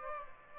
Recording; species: mosquito wingbeat signal from an infrared sensor; Aedes aegypti